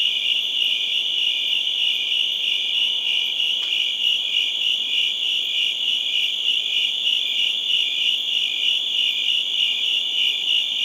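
Crickets in a steady shrill chorus, rapid pulsed chirps blending into an unbroken high trill, with one brief click partway through.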